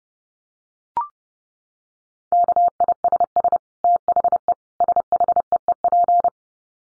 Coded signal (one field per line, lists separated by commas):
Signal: Morse code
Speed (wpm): 30 wpm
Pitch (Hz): 700 Hz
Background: none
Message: KISS THE SHEEP